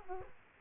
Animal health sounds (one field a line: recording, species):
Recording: mosquito wingbeat signal from an infrared sensor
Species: Aedes aegypti